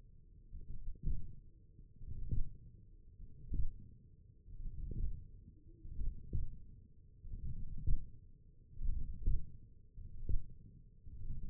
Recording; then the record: forearm muscle sounds (acoustic myography)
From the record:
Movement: hand opening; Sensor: system 1, eight BSWA MPA416 microphones around the upper forearm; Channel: 4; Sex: male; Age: 42 years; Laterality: right